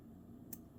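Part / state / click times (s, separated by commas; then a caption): diver's extension segment into titanium watch bracelet clasp / seated / 0.5 s. A diver's extension segment on the titanium bracelet of a Tudor Pelagos M25600TB-0001 watch is folded and popped into position in the clasp. Against a low background hum, a single sharp click sounds at 0.5 s as the extension seats in place.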